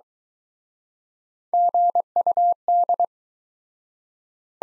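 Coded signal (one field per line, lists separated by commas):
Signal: Morse code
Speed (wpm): 23 wpm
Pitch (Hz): 700 Hz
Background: none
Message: GUD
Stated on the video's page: Morse practice at 17wpm in Speed-Racing format, starting at 1.5 times base speed and slowing; final repeat at maximum speed.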